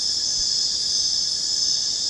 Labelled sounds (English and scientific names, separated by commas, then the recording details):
none
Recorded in secondary vegetation near Puerto Asís, Putumayo, Colombia, on 29 June 2025 at 21:30
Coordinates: 0.484, -76.319
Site G074